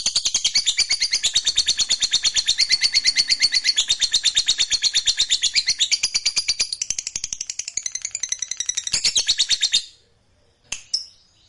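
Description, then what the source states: Lovebird song, a fast, shrill, rattling chatter kept up steadily for about ten seconds, then breaking off into a couple of short chirps. Lovebird kept as a fighter bird, singing energetically (gacor).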